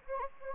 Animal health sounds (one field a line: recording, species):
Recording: mosquito wingbeat signal from an infrared sensor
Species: Anopheles arabiensis